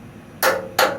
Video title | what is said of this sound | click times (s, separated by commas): Are you looking for a good torque wrench set???SUZUME 3PCS Torque Wrench Set | that is a nice click. | 0.8 s